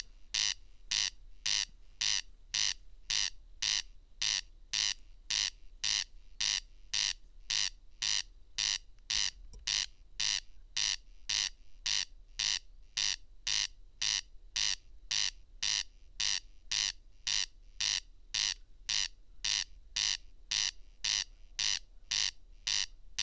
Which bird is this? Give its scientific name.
Crex crex